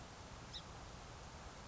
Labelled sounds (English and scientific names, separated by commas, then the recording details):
Song Sparrow (Melospiza melodia)
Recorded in Sonoma County, California